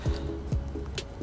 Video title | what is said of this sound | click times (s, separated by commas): 2009 Nissan Rogue Trailer Wiring Installation | one. Click. Okay, | 1.0 s